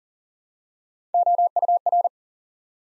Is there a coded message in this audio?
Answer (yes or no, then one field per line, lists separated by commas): yes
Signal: Morse code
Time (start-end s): 1.1-2.1 s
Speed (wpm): 41 wpm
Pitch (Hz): 700 Hz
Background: none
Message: OUR